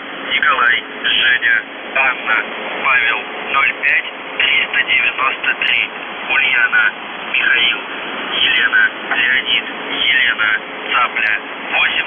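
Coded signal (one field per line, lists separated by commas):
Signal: numbers station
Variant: UVB-76, Russian voice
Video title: The Buzzer/UVB-76(4625Khz) November 25+26, 2021 Voice messages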